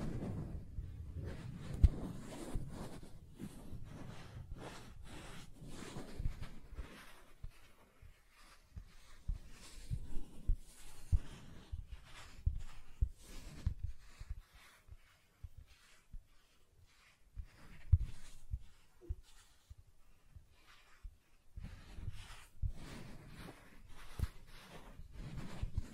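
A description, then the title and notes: Soft tracing across smooth and rough surfaces, quiet and uneven strokes with gentle low rubbing and brief scratchy bursts. ASMR Soft Tracing on Smooth and Rough Surfaces (No Talking).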